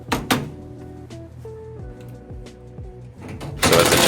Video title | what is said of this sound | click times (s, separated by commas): Samsung Washer How to Replace the Front Shocks (Part 2) | So, I take the extra care to make sure it lines up and then it'll just snap right into place for you. | 0.1 s, 0.3 s